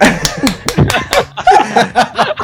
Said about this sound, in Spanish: A ver, esos son aplausos en radio.